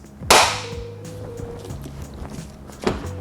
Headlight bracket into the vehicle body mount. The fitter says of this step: you're going to want to apply a little bit of pressure on this bracket in order to get that to lock into place so